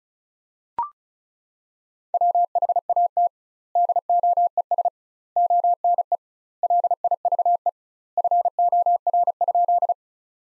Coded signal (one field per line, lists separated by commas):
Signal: Morse code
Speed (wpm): 34 wpm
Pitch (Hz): 700 Hz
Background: none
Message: WHAT DOES ONE LIVE FOR?